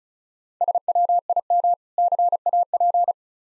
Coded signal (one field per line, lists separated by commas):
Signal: Morse code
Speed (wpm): 36 wpm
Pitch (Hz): 700 Hz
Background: none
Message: SWIM CAP